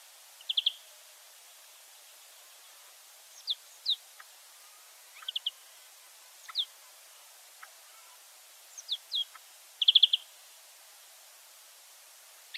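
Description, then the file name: European greenfinch giving short, rapid ticking trills near the start, middle and end, with scattered thin chips and faint high notes between them. "Chloris chloris"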